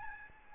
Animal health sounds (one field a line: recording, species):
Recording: mosquito wingbeat signal from an infrared sensor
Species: Aedes albopictus